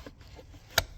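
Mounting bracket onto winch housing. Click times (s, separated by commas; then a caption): 0.8 s. A mounting bracket, hooked under the logo plate of a Smittybilt 9500 lb winch, is pushed down at the back onto the winch housing. It snaps into place with a single sharp, broadband click at 0.8 s, against a quiet background. The bracket is seated but still pivots a little.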